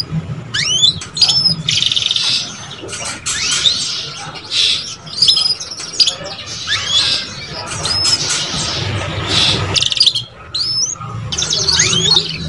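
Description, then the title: Belgian canary song mixing rising whistled sweeps, buzzy trilled bursts and sharp chirps, in phrases with brief pauses. Song to warm up young Belgian canaries and stimulate them to start singing and chirping quickly. "Canto Para Esquentar Canário Belga. SUARA KENARI PAUD CUIT CUIT BELAJAR BUNYI - pancingan kenari paud muda agar cepat bunyi dan ngeriwik"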